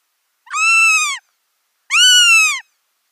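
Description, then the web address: Northern goshawk calls: two long, plaintive, harmonic wails, each slightly arched and falling at the end, less than a second apart. Nestlings. "Schulze Peter Goshawk nestlings"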